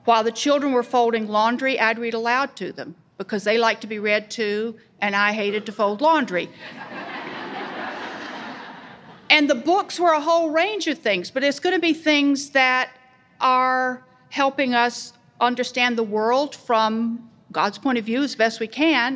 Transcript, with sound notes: While the children were folding laundry, I would read aloud to them, because they liked to be read to, and I hated to fold laundry. (laughter) And the books were a whole range of things, but it’s going to be things that are helping us understand the world from God’s point of view, as best as we can.